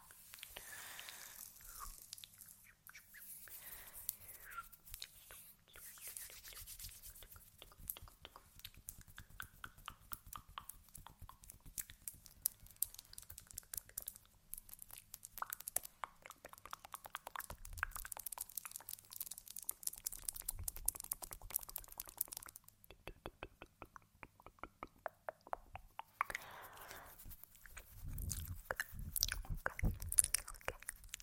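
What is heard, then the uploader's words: Mouth sounds layered with soft tapping. Dense clusters of quick clicks and wet smacks run throughout, with brief crinkly, crunchy bursts and a soft low hum underneath, growing louder near the end. Layered Sounds (Sleepy Mouth Sounds, Face Touching, Tapping).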